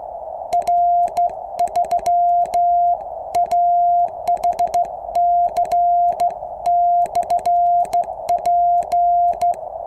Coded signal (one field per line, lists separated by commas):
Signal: Morse code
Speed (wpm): 15 wpm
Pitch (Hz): 700 Hz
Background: none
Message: R3AHC/P